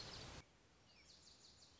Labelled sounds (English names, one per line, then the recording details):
Lazuli Bunting
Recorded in Sonoma County, California